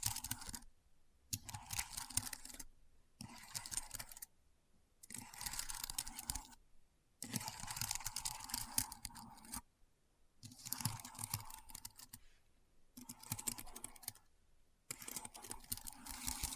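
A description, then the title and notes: Keyboard sounds come in dense bursts of rapid, crisp clicking lasting one to three seconds, separated by brief silent pauses, across the whole clip. ASMR Keyboard Sounds (No Talking).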